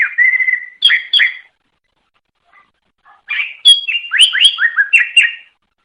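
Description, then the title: Greater green leafbird song: a held whistle and two slurred notes, a pause, then a rapid run of varied rising and falling whistles. Banyuwangi cucak ijo; master song for training other birds; gacor ngeplong singing style; bird described as a national champion. "mster Mnuk. Suara Cucak Ijo Banyuwangi Gacor Ngeplong Master. Masteran Cucak Ijo Juara Nasional"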